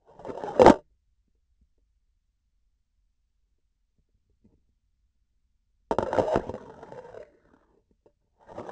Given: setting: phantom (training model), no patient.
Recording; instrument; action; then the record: laparoscopic instrument, vibration sensor on the handle end; grasping forceps; insertion and removal through the trocar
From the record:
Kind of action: spatial motion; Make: other than Olympus